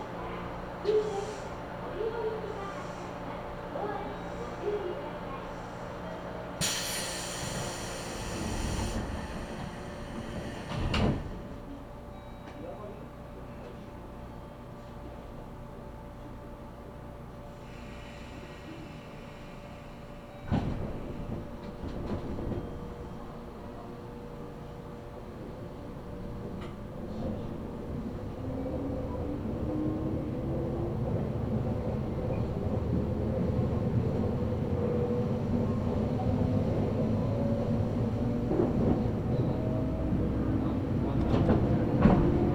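Inside a train on the Kagoshima Main Line, a steady low hum runs with sharp bangs near 11 and 21 seconds, then rising motor whine.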